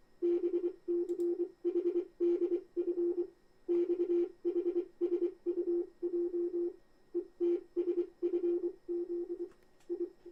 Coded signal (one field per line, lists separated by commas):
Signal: Morse code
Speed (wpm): 22 wpm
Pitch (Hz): 350 Hz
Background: none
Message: BCHDF XHSUJ ETSFZ I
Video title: Amatuer Radio and Chat Live M7WLO